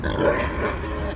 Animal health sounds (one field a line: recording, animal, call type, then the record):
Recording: contact call of a hoofed animal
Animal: wild boar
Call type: grunt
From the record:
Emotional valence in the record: negative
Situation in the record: naturally occurring agonistic interactions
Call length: 1.16 s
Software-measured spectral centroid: 1460 Hz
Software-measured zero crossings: 1380 a second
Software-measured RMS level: -24 dBFS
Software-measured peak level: -7 dBFS